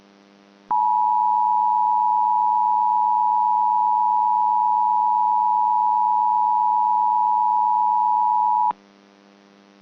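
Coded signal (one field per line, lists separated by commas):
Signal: Emergency Alert System (SAME) tones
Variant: 853 and 960 Hz attention tone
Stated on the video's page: Mock EAS alerts, some recreational, from unreleased content.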